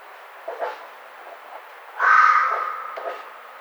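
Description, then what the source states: Red fox giving a single harsh, hoarse scream lasting about a second, preceded and followed by faint short yelps over a steady background hiss. 1 April 2009.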